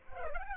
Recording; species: mosquito wingbeat signal from an infrared sensor; Culex pipiens